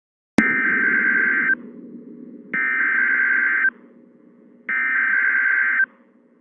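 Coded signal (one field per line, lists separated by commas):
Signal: Emergency Alert System (SAME) tones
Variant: header bursts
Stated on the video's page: Indianapolis tornado warning recorded live from Verizon FIOS television.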